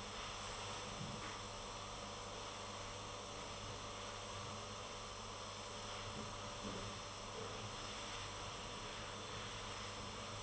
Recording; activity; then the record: daily activity, microphone in the room; vacuum cleaning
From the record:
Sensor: 4